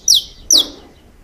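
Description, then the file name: Saffron finch giving two high, sharp downslurred chirps about half a second apart. "Canto-do-Canário-da-Terra"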